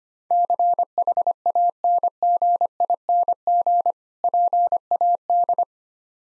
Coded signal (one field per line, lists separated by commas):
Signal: Morse code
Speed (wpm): 25 wpm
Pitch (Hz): 700 Hz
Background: none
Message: CHANGING PAD